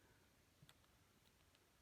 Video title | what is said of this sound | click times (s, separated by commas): NECA Toys Gremlins – Ultimate Flasher Gremlins 7″ Scale Figure Review | okay well that time it snapped | 0.7 s